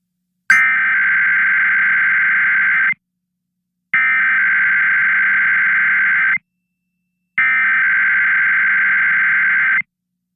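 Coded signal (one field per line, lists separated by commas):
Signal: Emergency Alert System (SAME) tones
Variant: header bursts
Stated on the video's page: Monthly EAS test on a radio station, recorded overnight.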